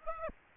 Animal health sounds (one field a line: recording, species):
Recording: mosquito wingbeat signal from an infrared sensor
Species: Aedes aegypti